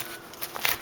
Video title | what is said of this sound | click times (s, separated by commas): Gerber LMF II Infantry Knife Review Pt 3 of 4 | and it it it'll snap into place you'd secure it like that and basically the idea is | 0.7 s